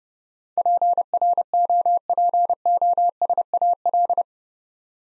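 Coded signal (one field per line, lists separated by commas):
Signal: Morse code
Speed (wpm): 30 wpm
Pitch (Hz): 700 Hz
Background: none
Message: PROPOSAL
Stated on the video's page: Morse practice set building 8-letter words two letters at a time at 30 wpm, for instant character recognition training.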